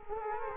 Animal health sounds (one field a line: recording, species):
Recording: mosquito wingbeat signal from an infrared sensor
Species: Culex quinquefasciatus